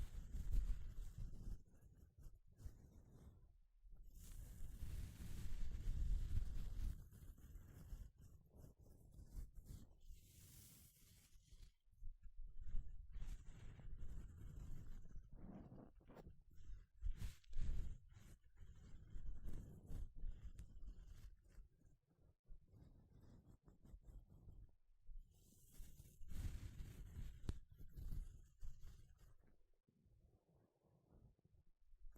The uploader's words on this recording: 5 different GLOVES Sounds. (No Talking).